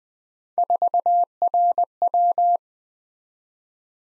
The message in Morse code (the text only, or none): 4RW